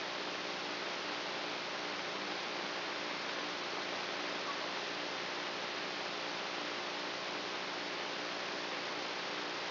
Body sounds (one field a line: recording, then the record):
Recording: brain microelectrode recording played as sound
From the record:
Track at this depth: inside the subthalamic nucleus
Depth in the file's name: 3.004 mm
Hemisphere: right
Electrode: 3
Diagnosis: Parkinson's disease